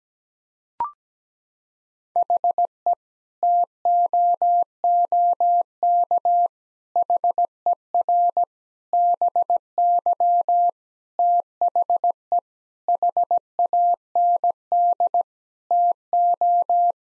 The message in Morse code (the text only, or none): HE TOOK HER BY THE HAND TO